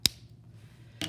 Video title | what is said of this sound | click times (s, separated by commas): Abstract Alphabet part 3 | make sure your cap is really tight back on your marker and hear the snap | 0.1 s